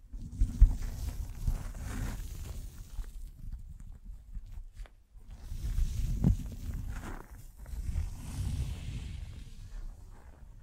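Mic brushing and scratching: low, rough rumbling rubs come in uneven bursts, loudest in the first two seconds and again from about six to nine seconds. A quieter lull falls around four to five seconds, and faint hissy scrapes drift over the top.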